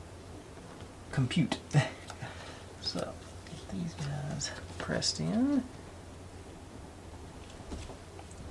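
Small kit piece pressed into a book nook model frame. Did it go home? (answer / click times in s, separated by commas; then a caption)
no / none. A small kit piece is pressed into the frame of a book nook model kit while someone talks. The piece goes in, but it does not click, and nothing has clicked yet.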